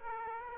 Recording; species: mosquito wingbeat signal from an infrared sensor; Aedes aegypti